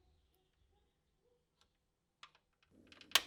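The third plastic retaining clip of an Xbox 360 Phat (Falcon) console case is worked free during disassembly for a thermal paste replacement. After near silence with a few faint ticks and small clicks around 2.2 and 2.4 s, plastic scraping and creaking builds from about 2.7 s. It ends in a sharp, loud click at 3.2 s as the clip pops free and releases.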